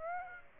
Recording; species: mosquito wingbeat signal from an infrared sensor; Aedes aegypti